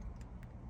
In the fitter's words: that's supposed to slide yep slides and Clicks in place